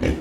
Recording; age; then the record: pig call; growing-finishing pig (85 days or more)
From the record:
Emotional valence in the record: negative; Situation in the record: barren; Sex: female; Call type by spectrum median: low-frequency call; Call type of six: low-frequency modulated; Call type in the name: low-frequency modulated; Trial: 2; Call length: 0.20 s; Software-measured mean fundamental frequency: 48 Hz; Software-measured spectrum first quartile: 151 Hz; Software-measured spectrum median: 324 Hz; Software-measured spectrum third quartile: 739 Hz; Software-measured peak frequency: 78 Hz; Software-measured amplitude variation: 139 dB a second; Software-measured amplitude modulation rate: 14.6 a second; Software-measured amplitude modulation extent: 9.5 dB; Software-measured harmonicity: -2.4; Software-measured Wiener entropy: -0.88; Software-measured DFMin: 823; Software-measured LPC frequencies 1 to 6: 441, 1749, 2263, 2832, 3611, 5223 Hz